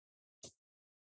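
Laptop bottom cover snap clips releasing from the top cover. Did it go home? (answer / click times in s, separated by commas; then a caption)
released / 0.4 s. An opening tool is wedged between the plastic top cover and the bottom case of a Dell Latitude 3510 laptop and twisted, popping the bottom cover's snap clips loose from the top cover. A single sharp click sounds at 0.4 s, bright and quick, and fades within about a tenth of a second. The clips release as intended, and the cover separates on this side.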